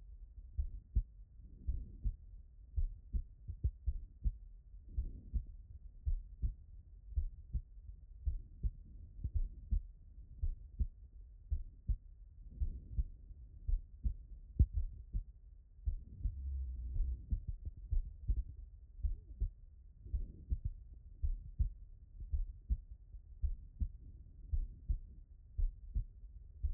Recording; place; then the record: heart sounds by stethoscope; pulmonary valve (PV)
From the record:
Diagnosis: non-HFrEF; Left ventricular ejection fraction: 62%